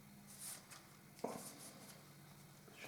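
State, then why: Not seated. Someone works the closing mechanism of a small fish-fry trap, producing a few soft knocks and rustles, with the sharpest knock at about 1.2 s. The latch fails to catch, and nothing has latched or clicked into place yet.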